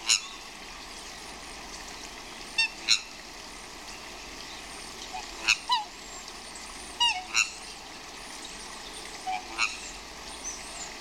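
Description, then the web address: Swans squawking: short harmonic honks with a falling pitch, in pairs and small groups every couple of seconds, over a steady rush of flowing water. Swans squawking outdoors, with a brook in the background. "swans outdoor squawking brook in bg"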